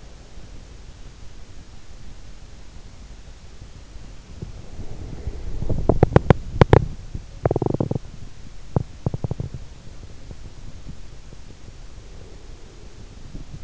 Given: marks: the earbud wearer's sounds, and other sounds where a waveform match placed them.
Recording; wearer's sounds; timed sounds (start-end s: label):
sounds in sleep by an in-ear microphone; body movement, teeth grinding
3.33-13.64 s: body movement
5.57-9.66 s: teeth grinding